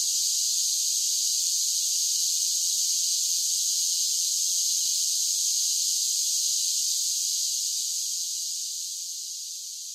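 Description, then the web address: Cicadas in chorus, a bright continuous buzzing hiss that stays level, then tapers off toward the end. Large groups of cicadas singing together, a buzzing chorus song. "Blastwave INSECTS Cicadas Sing. cicadas sing song buzz large groups singing insect bug"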